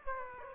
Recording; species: mosquito wingbeat signal from an infrared sensor; Aedes aegypti